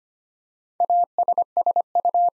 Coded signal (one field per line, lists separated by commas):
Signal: Morse code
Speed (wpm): 25 wpm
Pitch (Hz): 700 Hz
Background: none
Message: ASSU